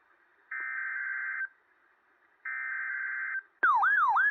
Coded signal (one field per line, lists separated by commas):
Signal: Emergency Alert System (SAME) tones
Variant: header bursts